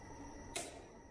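A drain or final-drive plug on a tractor's front axle reduction gear is tightened with a click-type torque wrench, nearly at its set torque. After a steady low background, a single sharp broadband click sounds at 0.6 s as the wrench reaches its setting, then the sound settles back to quiet.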